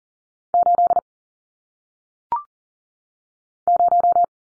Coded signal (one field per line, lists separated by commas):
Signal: Morse code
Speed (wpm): 42 wpm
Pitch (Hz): 700 Hz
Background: none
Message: 8 0